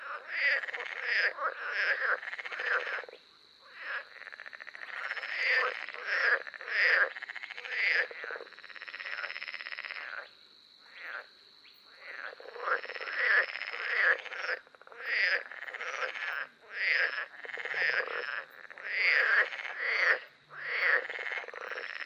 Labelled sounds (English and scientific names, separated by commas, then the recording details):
Spotted Crake (Porzana porzana)
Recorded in the wild
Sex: male
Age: adult
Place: Warsow, Kummerower See, Mecklenburg-Vorpommern, DE
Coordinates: 53.8344, 12.8481
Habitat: wetland
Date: 2009-06-15 22:26
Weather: heiter, schwacher Wind aus West, ca. 15 °C
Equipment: Sound Devices 702, Rode NT1-A Stereopaar
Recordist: Frommolt, Karl-Heinz